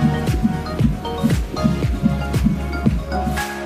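Rapid, steady whooshing thumps at about 150 per minute, with faint tonal sounds in the background. This is a baby's heartbeat in pregnancy, picked up by Doppler ultrasound, with a rate within the normal fetal range.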